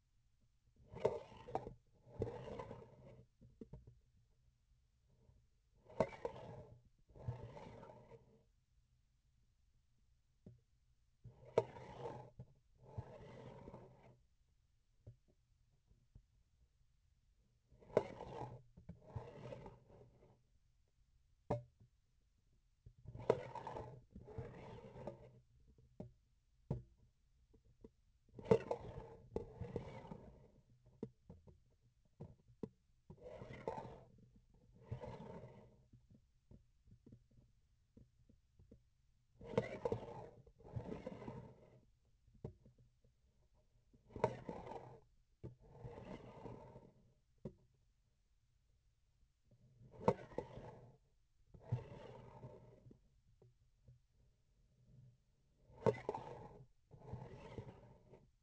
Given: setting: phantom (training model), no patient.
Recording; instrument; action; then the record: laparoscopic instrument, vibration sensor on the handle end; grasping forceps; approaching and retracting movements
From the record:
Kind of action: spatial motion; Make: other than Olympus